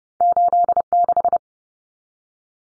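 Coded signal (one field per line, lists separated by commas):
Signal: Morse code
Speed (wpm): 30 wpm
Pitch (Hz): 700 Hz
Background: none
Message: 86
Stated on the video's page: Morse drill of two-digit numbers at 30 wpm for head-copy, each sent, spoken, then sent again.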